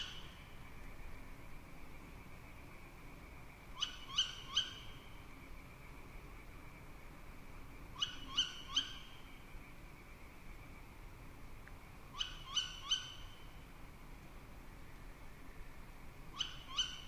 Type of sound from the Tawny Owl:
call